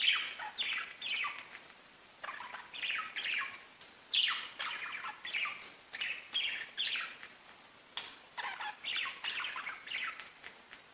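Budgerigar chirping in short bursts of scratchy, descending chirps, with brief pauses between groups and a quiet background.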